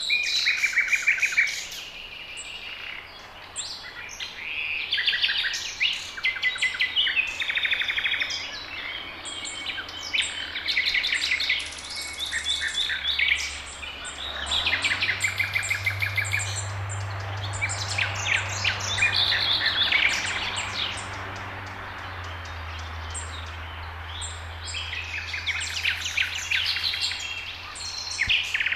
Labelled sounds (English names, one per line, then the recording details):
Common Nightingale song
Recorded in the wild
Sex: male
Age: adult
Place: Hobrechtsfelder Rieselfelder, Naturpark Barnim, Brandenburg, BZ
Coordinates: 52.6739, 13.5011
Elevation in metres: 65
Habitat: poplar forest
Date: 2014-05-04
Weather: cloudy, 5°C, weak wind
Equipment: Sound Devices 702, Sennheiser MKH 70, Rycote Windschutz
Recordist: Frommolt, Karl-Heinz